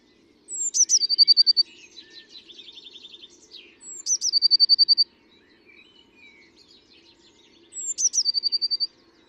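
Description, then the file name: Eurasian blue tit song: a high thin introductory note dropping into a fast trill, repeated three times, with softer buzzy chatter between phrases. "Cyanistes caeruleus"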